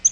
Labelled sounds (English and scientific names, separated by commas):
Yellow-rumped Warbler (Setophaga coronata) flight call